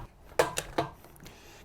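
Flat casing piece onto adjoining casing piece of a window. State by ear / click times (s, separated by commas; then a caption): seated / 0.4 s. A flat wooden Marvin window casing piece is pressed onto the adjoining casing piece at the corner joint and snaps into place with a sharp click at 0.4 s. Two more sharp knocks follow at about 0.6 and 0.8 s, then a few faint ticks. The piece is seated, but the seam is left with a lip and is not flush.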